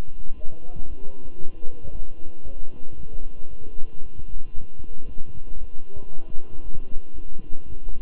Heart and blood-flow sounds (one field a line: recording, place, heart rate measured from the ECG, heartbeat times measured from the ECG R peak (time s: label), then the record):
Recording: heart sounds by stethoscope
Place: between the tricuspid and mitral areas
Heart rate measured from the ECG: 115 bpm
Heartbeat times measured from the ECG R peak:
0.36 s: heartbeat
0.88 s: heartbeat
1.40 s: heartbeat
1.91 s: heartbeat
2.43 s: heartbeat
2.96 s: heartbeat
3.49 s: heartbeat
4.02 s: heartbeat
4.54 s: heartbeat
5.06 s: heartbeat
5.59 s: heartbeat
6.11 s: heartbeat
6.62 s: heartbeat
7.14 s: heartbeat
7.66 s: heartbeat
From the record:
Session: walking at 3.7 km/h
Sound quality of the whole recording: good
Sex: male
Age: 23 years